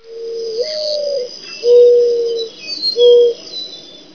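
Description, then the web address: Bird giving three steady, fairly low notes: the first is the longest and steps slightly upward partway, and the last is short. Fainter higher sounds are in the background. "特酷声音素材库 动物 鸟 Bird"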